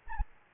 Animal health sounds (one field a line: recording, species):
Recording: mosquito wingbeat signal from an infrared sensor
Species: Anopheles arabiensis